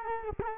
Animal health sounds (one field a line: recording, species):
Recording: mosquito wingbeat signal from an infrared sensor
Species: Culex quinquefasciatus